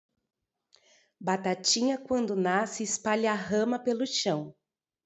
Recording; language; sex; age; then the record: short text; Brazilian Portuguese; female; 40 to 49 years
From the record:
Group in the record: control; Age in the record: 40 years